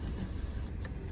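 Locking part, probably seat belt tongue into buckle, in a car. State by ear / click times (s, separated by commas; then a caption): seated / 0.9 s. In a car, the driver fits a lock into place, most likely the seat belt tongue into its buckle. Over a steady low in-car rumble, a single sharp click sounds at 0.85 s. The lock has seated.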